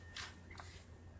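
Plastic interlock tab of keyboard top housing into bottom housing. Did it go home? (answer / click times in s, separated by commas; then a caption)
no / none. Fingers press gently around the edge of a plastic Dell wireless keyboard's top housing to re-engage its interlock tabs into the bottom housing. Over a low steady hum, there are soft handling rustles, a brief scuff around 0.5–0.6 s, and a sharp sound starting right at the end. No tab has seated or clicked in yet.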